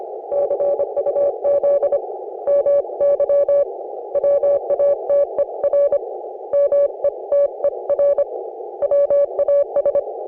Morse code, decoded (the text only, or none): CUZ MY WATER METER WAS